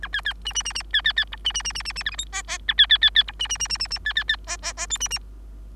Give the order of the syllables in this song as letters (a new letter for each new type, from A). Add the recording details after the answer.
A B B C C C C B B B D C C C C C C E F G H H A B B B B D C C C C C C B B B H H H I C C. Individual Bird3